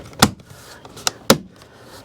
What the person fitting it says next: Just like that. This little piece just snaps in place behind the door handle.